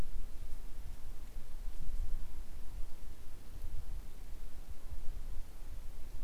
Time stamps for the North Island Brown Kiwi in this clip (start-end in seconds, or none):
none